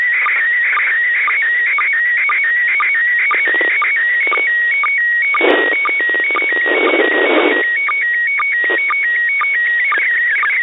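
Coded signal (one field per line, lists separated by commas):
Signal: SSTV (slow-scan television)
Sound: warbling tone jumping between high pitches, with regular short low chirps and noise bursts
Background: radio static bursts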